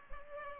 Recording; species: mosquito wingbeat signal from an infrared sensor; Culex pipiens